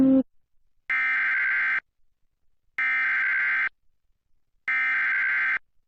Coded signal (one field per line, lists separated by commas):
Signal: Emergency Alert System (SAME) tones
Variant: header bursts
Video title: PARTIAL KOCE-TV Flash Flood Warning (EAS #1281) 8/20/23